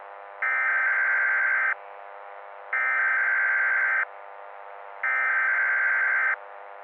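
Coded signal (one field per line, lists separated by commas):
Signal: Emergency Alert System (SAME) tones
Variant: header bursts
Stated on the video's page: Fictional SAME tones from an EAS scenario.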